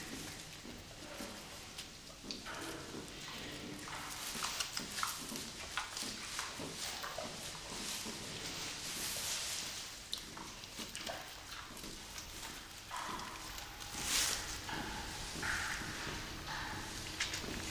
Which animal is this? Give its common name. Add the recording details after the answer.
White-lipped Peccary. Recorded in captivity. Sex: diverse. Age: diverse. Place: Zoo Berlin, Berlin, DE. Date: 2002-09-30 17:14. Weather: fair, ca. 16-17°C. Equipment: Nagra SN, Kopie Uher 4000 Report Monitor. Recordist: Tembrock, Günter. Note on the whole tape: Weibchen mit zwei Jungen (geb.: 29.09.2002 / einen Tag alt): Laute der Mutter, der Jungen, dann rhythmische Lautfolge beim Säugen